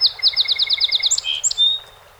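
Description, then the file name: Song sparrow song: a fast, steady series of repeated sweet notes forming a trill, followed by a few ringing notes and a thin, level whistle. 48 songs, 7 June 2018. "2018-06-07 Song Sp 48 Songs"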